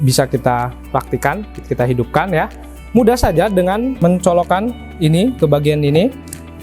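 Someone talks over background music while handling an 18V lithium battery pack, lining it up to slide onto the battery mount of an Orion Heavy Duty Vacuum Pump Lithium VP-18-1Li cordless vacuum pump with an 80-watt motor. The pack has not seated or clicked into the mount yet.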